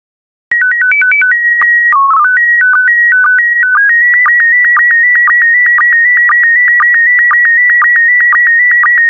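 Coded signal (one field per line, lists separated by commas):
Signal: SSTV (slow-scan television)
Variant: PD120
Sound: stepped calibration tones, then a steady high warbling tone with regular short dips twice a second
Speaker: transmission complete you can now check your decoded image against the picture that is shown on the video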